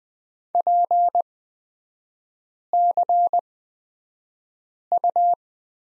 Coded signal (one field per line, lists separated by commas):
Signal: Morse code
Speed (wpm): 20 wpm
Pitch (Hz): 700 Hz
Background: none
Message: PCU